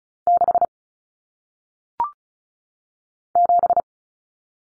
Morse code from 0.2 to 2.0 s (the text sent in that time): 6